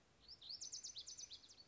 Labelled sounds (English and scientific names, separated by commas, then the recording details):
Lazuli Bunting (Passerina amoena)
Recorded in Sonoma County, California